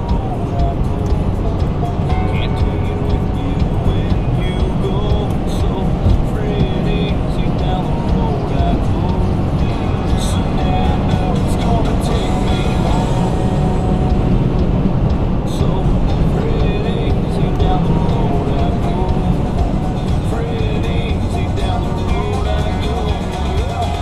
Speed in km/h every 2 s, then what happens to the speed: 151, 155, 159, 163, 166, 169, 171, 171, 172, 172, 145, 127.
0-18 speeds up to 172. 18-24 brakes to 127.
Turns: none.